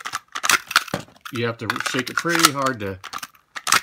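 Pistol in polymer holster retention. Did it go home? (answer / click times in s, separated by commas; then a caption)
released / 3.7 s. Someone talks while a Canik TP9 SFx pistol is pulled hard out of a polymer holster with a passive retention detent, with light handling clicks and rattles along the way. The pistol releases from the holster retention with a sharp click at 3.7 s.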